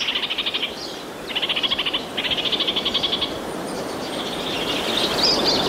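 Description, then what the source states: Orange-fronted parakeet calls, quick buzzy rattled phrases repeated in a run, with a higher thin note near the end and soft background hiss. Played on a radio broadcast; known in Māori as Kākāriki Karaka.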